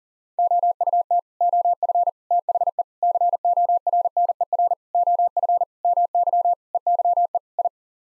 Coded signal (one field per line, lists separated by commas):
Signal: Morse code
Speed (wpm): 37 wpm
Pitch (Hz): 700 Hz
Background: none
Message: OUT OF THE CORNER OF MY EYE I